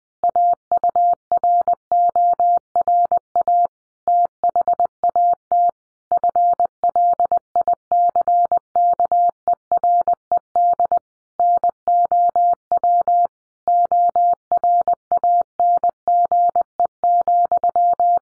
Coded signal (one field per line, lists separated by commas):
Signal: Morse code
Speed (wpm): 20 wpm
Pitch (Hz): 700 Hz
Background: none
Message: AURORA THAT FLICKERED NOW ORANGE,